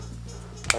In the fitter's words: až objímka zaskočí vůči průměru na tomto vodítku vratné pružiny a